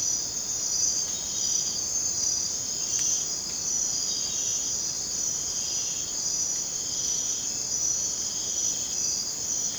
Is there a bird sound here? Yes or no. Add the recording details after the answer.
no. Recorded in dense forest near Puerto Asís, Putumayo, Colombia, on 19 June 2025 at 23:30. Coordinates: 0.484, -76.317. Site G045